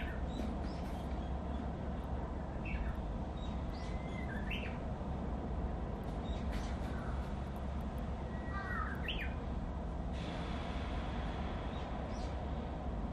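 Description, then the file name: Japanese bush warbler singing twice: each phrase a held whistle followed by quick rising, warbled notes, while faint chirps and a constant low rumble fill the background. "uguisu"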